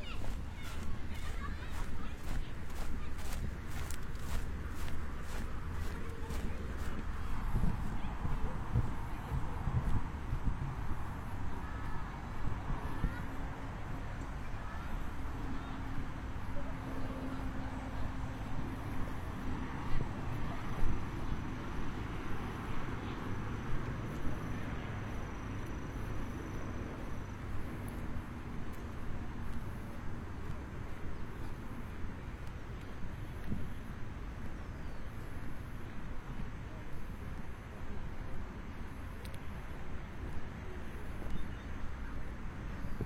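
A walk outdoors at a noon break on a cloudy day, with a steady low rumble of traffic and passing vehicles throughout. Rapid ticking clicks mark the first eight seconds, and faint voices and brief tonal sounds drift in around the middle.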